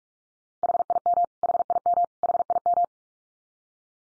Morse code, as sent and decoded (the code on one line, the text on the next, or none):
.... .. -- / .... .. -- / .... .. --
HIM HIM HIM